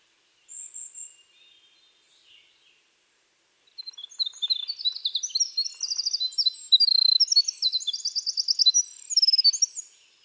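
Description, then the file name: Winter wren: a few thin high notes, a pause, then a long rushing torrent of sparkling trills and chattering runs lasting about six seconds. "Troglodytes hiemalis - Winter Wren"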